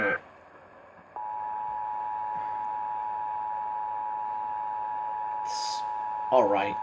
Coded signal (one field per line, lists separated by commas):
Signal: Emergency Alert System (SAME) tones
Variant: 853 and 960 Hz attention tone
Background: speech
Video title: Rating eas alarms part 1